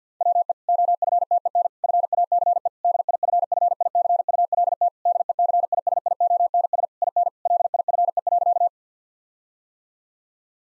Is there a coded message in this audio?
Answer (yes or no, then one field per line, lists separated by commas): yes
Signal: Morse code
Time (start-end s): 0.2-8.7 s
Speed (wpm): 50 wpm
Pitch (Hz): 700 Hz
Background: none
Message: WE OFTEN FACE DIFFICULT DECISIONS IN LIFE.